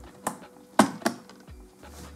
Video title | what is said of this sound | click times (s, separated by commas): Ce PC à 3100€ est un avion de chasse - une station de montage pour mon frère | Vous entendez les clips fermes, les verrous se sont redressés, la RAM est installée | 0.8 s